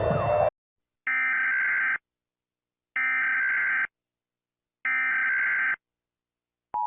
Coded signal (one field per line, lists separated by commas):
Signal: Emergency Alert System (SAME) tones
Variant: header bursts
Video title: Mr. Incredible Becoming Ultra Uncanny (You hear THIS EAS Alarm)